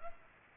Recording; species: mosquito wingbeat signal from an infrared sensor; Aedes aegypti